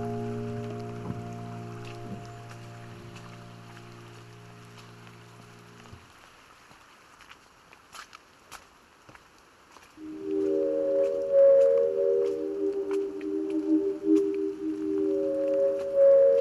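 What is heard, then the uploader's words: Rainy early-spring hike out to Cascade Head on the Oregon Coast. A steady low droning hum with layered tones runs for six seconds, then cuts out, leaving quiet scattered ticks and drips. Around ten seconds a louder, wavering mid-pitched drone rises over continuing patter. Hike out to Cascade Head on the Oregon Coast on a rainy early Spring morning.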